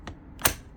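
A plastic tool holder is pushed down onto a steel tool box accessory rail. A faint tick at 0.1 s is followed by a sharp, bright click at 0.5 s as the holder seats home.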